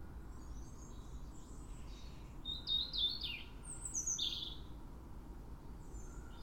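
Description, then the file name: European robin song: faint high twitters, then a clear sequence of three quick descending whistles and a couple of sliding notes, followed by a few faint notes. "Erithacus rubecula"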